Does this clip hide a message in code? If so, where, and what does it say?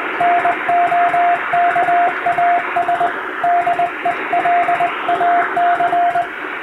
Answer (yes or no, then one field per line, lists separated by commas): yes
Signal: Morse code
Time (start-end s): 0.2-6.2 s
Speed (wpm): 20 wpm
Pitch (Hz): 700 Hz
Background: radio noise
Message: NOKAS DELAC